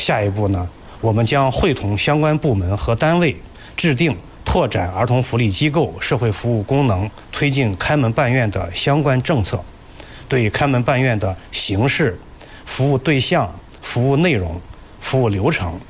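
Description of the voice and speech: An adult man speaks fluent, steady Mandarin in clear, ordinary speech with a moderate pitch and brief pauses between phrases.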